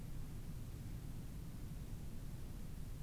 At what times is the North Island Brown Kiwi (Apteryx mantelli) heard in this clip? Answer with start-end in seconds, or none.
none